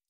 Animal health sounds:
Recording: hydrophone in a shrimp aquaculture tank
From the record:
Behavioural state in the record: stressed

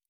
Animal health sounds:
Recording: hydrophone in a shrimp aquaculture tank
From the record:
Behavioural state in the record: normal

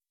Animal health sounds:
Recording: hydrophone in a shrimp aquaculture tank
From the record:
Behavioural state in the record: weakened

